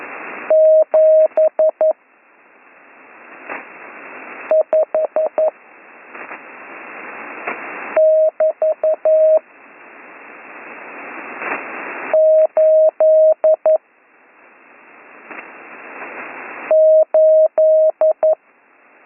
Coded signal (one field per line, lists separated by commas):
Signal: Morse code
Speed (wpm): 11 wpm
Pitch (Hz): 630 Hz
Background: radio noise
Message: 7 5 <BT> 8 8